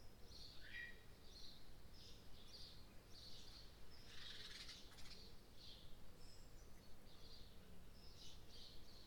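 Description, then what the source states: Birds singing: short high chirps and twittering phrases scattered throughout over a steady low background rumble. In the morning.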